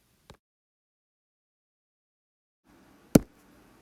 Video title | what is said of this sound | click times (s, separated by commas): Vanagon shifter rebuild | push it down, and you have to have it snap in with a really solid click. | 3.2 s